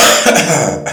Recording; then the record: coughing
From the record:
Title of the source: Wet Throat Infection Cough